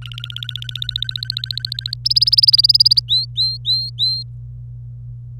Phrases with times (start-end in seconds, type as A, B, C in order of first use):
0.01-1.94 A, 2.05-3.00 B, 3.08-4.23 C